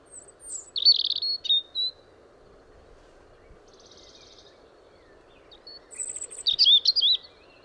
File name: Erithacus rubecula